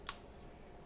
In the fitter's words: you just heard it click in there